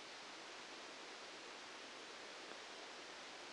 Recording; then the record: brain microelectrode recording played as sound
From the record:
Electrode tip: outside the subthalamic nucleus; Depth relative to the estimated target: -10 mm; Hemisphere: left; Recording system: NeuroSet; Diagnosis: Parkinson's disease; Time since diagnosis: 7 years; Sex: male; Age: 44 years